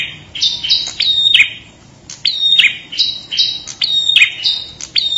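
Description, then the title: Bird song of sharp, high chirped notes in quick clusters, repeated with brief pauses. "kikicau"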